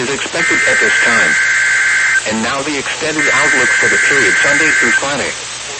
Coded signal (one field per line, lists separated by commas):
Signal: Emergency Alert System (SAME) tones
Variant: header bursts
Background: speech